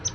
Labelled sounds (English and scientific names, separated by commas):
Palm Warbler (Setophaga palmarum) flight call